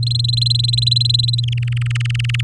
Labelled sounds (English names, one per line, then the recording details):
Domestic Canary song
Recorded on 8 May 2018 at 19:48
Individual llb16